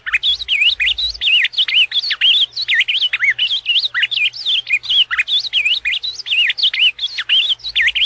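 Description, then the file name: Ultramarine grosbeak song, a continuous run of quick warbled whistles sweeping up and down with only brief breaks. "Canto-do-Azulão"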